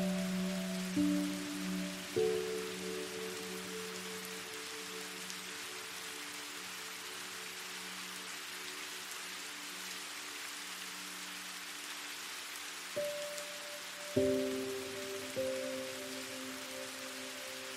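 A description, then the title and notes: Soft rain hisses steadily throughout, a dense, even patter. Over it, gentle sustained tones enter in small clusters near the start and again around 13 to 16 seconds, each note ringing and slowly fading, with a long quiet stretch of rain alone between them. Relaxing Music & Soft Rain.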